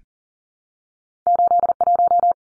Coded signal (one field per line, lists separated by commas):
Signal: Morse code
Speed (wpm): 40 wpm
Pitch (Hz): 700 Hz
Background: none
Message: 81